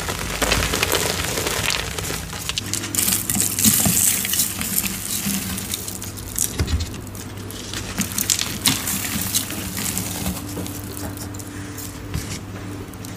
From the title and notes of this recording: Black Iron Oxide *Crush Only* Compilation! Crispy crunchy black iron oxide gym chalk crumbles and oddly satisfying asmr sounds.